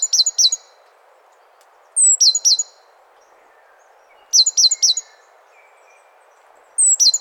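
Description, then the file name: Great tit repeats brief high phrases, a thin whistle then three or four quick sharp notes, about every two and a half seconds over faint hiss. "Parus major"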